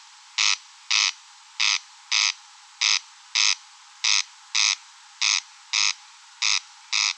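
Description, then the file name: Corn crake rasping crex-crex, two scratchy notes close together, the pair repeated about every 1.2 seconds over a quiet background. Recorded at Rønbjerg Enge. "Engsnarre Roenbjerg Enge"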